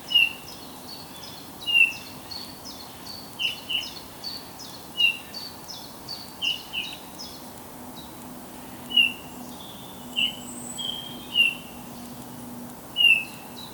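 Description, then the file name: Eurasian bullfinch calls: a series of brief, soft piped notes at irregular intervals, over a steady wash of faint higher bird chirps and a low hum. "Pyrrhula pyrrhula"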